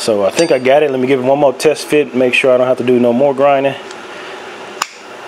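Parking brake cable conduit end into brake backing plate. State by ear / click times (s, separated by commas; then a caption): seated / 4.8 s. A parking brake cable conduit end, its retaining pins ground shorter, is test-fitted into the brake backing plate. Someone talks for the first few seconds, then after a quiet stretch comes a single sharp metal click at 4.8 s. The conduit end locks into place.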